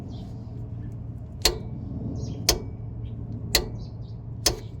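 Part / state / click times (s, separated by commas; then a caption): click-type torque wrench on a rear shock absorber mounting nut / torque reached / 1.5 s, 2.5 s, 3.5 s, 4.5 s. A click-type torque wrench tightens a rear shock absorber mounting nut, and it is confirmed torqued to 66. Four sharp, loud clicks sound at about 1.5, 2.5, 3.6 and 4.5 seconds over a low steady hum.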